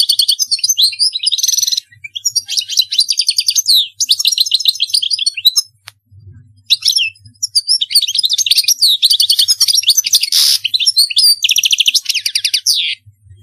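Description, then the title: European goldfinch song, a fast liquid twitter of tinkling notes mixed with harsh buzzy trills, in bursts broken by short pauses; faint low hum beneath. "Chant Chardonneret"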